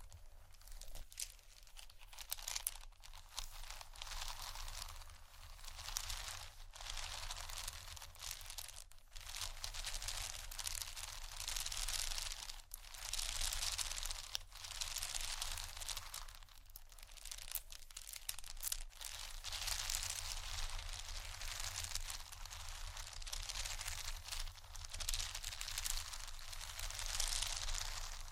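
Continuous scratching and crinkling on bags, with bright papery rustle that swells and fades in waves and brief sharp taps or snaps every few seconds. A steady low hum sits underneath throughout.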